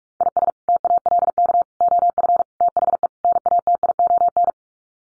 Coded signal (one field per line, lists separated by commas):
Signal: Morse code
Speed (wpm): 44 wpm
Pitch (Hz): 700 Hz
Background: none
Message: IS TALK OF THE NATION